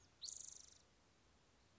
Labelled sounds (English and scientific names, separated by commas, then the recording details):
Spotted Towhee (Pipilo maculatus)
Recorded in Sonoma County, California